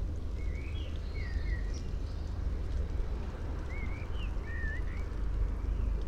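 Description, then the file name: Common blackbird giving two short fluted whistled phrases, one early and one after a pause of about two seconds, with a constant deep rumble underneath. "Turdus merula"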